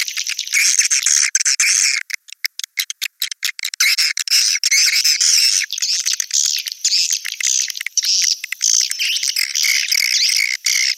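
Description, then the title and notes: Swiftlets chattering in a thick chorus of shrill chirps, fast and overlapping, with a few short breaks at about two to four seconds. Swiftlet sound used in swiftlet farming in Asia. "Swiflet Bird Sound. Farming Swiflet Bird asia sound"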